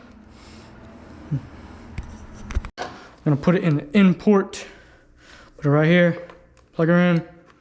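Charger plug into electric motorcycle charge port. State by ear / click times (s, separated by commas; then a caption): not seated / none. A charger plug is handled at the charging port of a 2025 Surron Ultra Bee electric dirt bike while someone talks, with a few short knocks and taps around 2.0, 2.5 and 2.7 seconds. The clip ends before the plug goes home, so nothing has seated or clicked yet.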